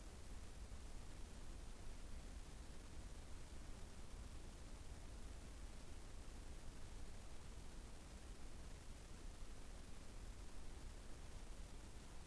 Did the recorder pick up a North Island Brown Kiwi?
no